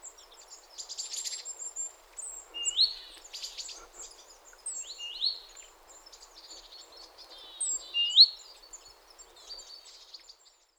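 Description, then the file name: Great tit calls: short, rising, upswept high notes given in loose bursts among other high chirping birds. "Parus major"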